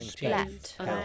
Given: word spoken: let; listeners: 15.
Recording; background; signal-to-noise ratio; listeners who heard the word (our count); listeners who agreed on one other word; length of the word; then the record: one English word in noise, from a listening test; four-talker babble; 0.3 dB; 2 of 15; 6 of 15; 0.65 s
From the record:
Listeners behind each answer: 6, 2, 2, 2, 1, 1, 1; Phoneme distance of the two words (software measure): 14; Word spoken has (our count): 1 syllable, 3 phonemes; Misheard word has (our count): 1 syllable, 5 phonemes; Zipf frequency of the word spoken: 6.16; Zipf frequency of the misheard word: 4.08